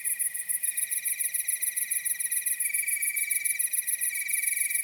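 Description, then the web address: Shrill cricket chirping in long pulsed stretches, nearly continuous, against a rapid, even high trill beating several times a second. Nocturnal wasteland at night. "Nature Chill Out 2014. Toads, Nighthawks and Crickets"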